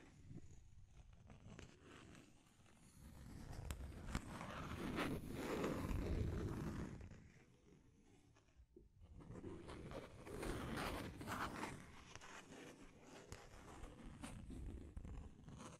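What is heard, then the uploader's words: Deep scratching with a rough, grinding, gritty texture, heavy in the low end. It comes in long swells, building to a peak around six seconds, thinning briefly near nine, then rising again. The sound stays dense and continuous, with small crackly ticks throughout. ASMR Deep Scratching. (No Talking).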